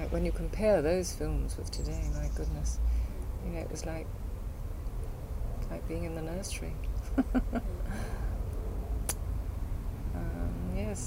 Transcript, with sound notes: when you compare those films with today. My goodness. You know it was like, like being in the nursery. [laughs] Erm, yes.